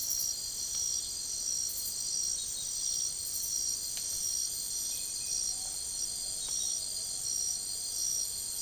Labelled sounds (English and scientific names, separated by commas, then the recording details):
none
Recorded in secondary vegetation near Puerto Asís, Putumayo, Colombia, on 13 March 2025 at 05:00
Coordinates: 0.489, -76.322
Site G042